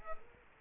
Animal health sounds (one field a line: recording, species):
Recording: mosquito wingbeat signal from an infrared sensor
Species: Culex quinquefasciatus